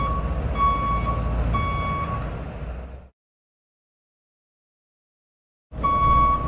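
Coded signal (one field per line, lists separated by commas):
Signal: alarm pattern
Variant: truck reversing beeper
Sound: steady repeating high beeps about once a second over a low diesel engine rumble, briefly cut out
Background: truck engine rumble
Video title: Truck Backing Up Beep sound effects # 092 Free Download YouTube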